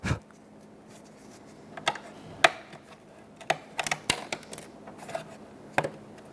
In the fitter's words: snap them into place